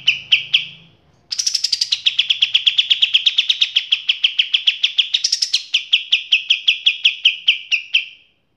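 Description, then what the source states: Kapas tembak song: a short opening burst, then a long run of rapid, evenly spaced sharp chirps with brief higher notes twice, and a faint low hum at first. Masteran (training) song of kapas tembak.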